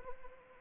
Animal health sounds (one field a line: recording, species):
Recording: mosquito wingbeat signal from an infrared sensor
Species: Anopheles arabiensis